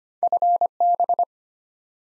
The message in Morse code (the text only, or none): FB